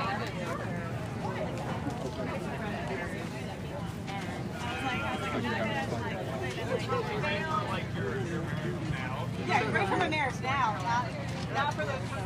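A farmers market crowd talks all at once, many overlapping voices forming a dense, steady babble for the whole stretch. A low hum runs underneath throughout, and a few voices rise a little louder near the tenth second.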